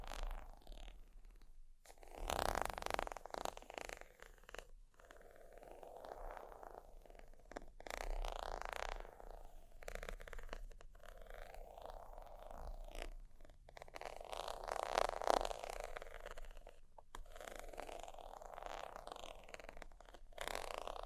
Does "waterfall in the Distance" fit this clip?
no